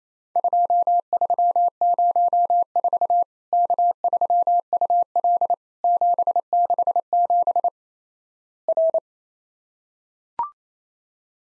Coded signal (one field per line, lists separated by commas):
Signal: Morse code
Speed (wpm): 28 wpm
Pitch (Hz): 700 Hz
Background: none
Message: 2304 K3UL 767 R